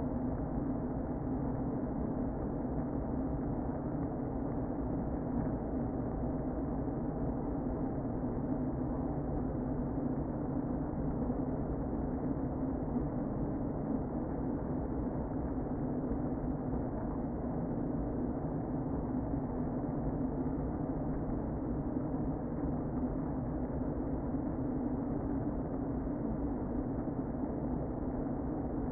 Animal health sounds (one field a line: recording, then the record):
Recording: honeybee colony, microphone inside the hive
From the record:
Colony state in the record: queen present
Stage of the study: before two queens were removed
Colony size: about 60,000 bees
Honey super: yes